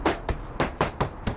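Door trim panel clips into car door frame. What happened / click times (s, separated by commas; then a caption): Trim panel clips smacked into place / 0.1 s, 0.3 s, 0.8 s, 1.0 s, 1.3 s. An Acura TL door trim panel is struck by hand around its perimeter to snap its plastic locking tabs and clips into the metal door. Five sharp smacks ring out at 0.1, 0.3, 0.8, 1.0 and 1.3 seconds as the clips snap in. The panel ends up seated, with the tabs locked into place.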